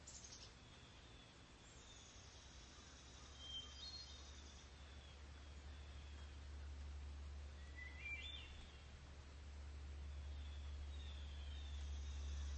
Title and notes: After a rainy night, the fog over the pond is lifting and a hermit thrush is singing its heart out.